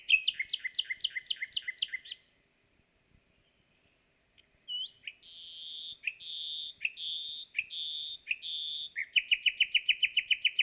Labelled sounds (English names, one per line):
Common Nightingale song